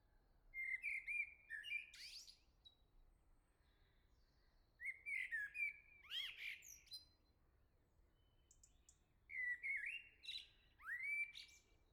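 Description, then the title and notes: Common blackbird singing three rich fluted phrases, each a low warble that breaks into high scratchy twitters, with pauses of a few seconds between them. "Le Merle salue l'été, 3 Gd Rue de Chassagne, 17220 La Jarrie, France. Quel Sol!!!! pour saluer l'arrivée de l'été ce matin! Merci Jolie Merle de tes vocalises à proximité!"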